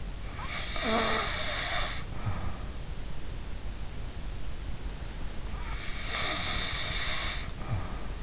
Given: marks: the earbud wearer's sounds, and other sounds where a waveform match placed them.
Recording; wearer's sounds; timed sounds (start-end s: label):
sounds in sleep by an in-ear microphone; snoring breath
0.23-2.87 s: snoring breath
5.58-8.23 s: snoring breath